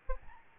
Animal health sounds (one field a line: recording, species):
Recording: mosquito wingbeat signal from an infrared sensor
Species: Aedes albopictus